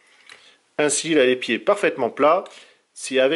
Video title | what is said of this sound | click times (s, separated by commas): Review FR - Transformers Masterpiece - MP-20 Wheeljack | Comme cela, on ramène le picot et on verrouille. | 0.3 s